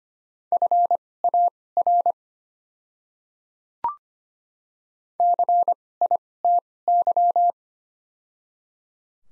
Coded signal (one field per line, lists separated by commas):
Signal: Morse code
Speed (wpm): 25 wpm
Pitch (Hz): 700 Hz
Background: none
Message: FAR CITY